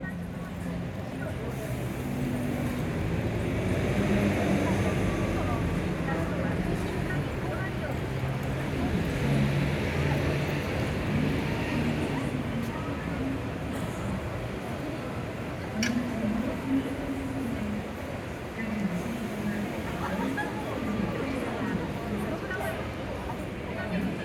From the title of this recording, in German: Tachikawa Bahnhof mit Monorail